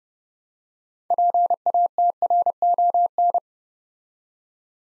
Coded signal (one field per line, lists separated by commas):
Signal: Morse code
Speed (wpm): 30 wpm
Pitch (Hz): 700 Hz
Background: none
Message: PATRON